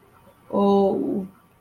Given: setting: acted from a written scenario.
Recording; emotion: vocal sound without words; sympathy